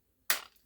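A second push seats the plastic wheel of an E-flite Slow Ultra Stick RC model airplane onto its landing gear axle. After near silence, a single loud, sharp snap rings out at 0.3 s and decays quickly. The wheel is confirmed seated, since it isn't in place until that snap is heard.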